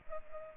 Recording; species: mosquito wingbeat signal from an infrared sensor; Culex pipiens